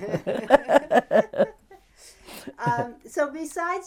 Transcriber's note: they laugh